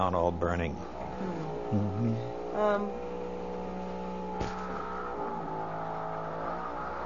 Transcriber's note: there is an electric saw in the background on the tape